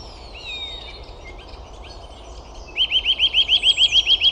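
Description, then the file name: Eurasian nuthatch giving a fast, even trill of about a dozen clipped, piping notes near the end, over a soft background hiss. "Sitta europaea"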